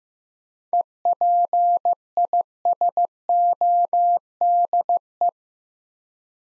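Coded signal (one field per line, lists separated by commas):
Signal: Morse code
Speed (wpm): 15 wpm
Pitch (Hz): 700 Hz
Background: none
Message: EPISODE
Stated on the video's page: Morse practice of 7-letter words at 15wpm, each word sent twice, for head-copy training.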